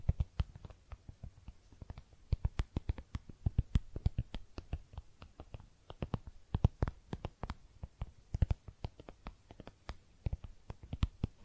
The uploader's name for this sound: Makeup Tapping & Scratching Sounds